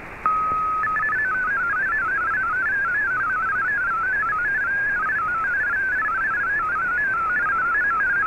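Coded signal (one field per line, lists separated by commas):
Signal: multi-tone FSK (Olivia or MFSK type)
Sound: brief steady tone, then a rapidly stepping, burbling tone over radio hiss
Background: radio static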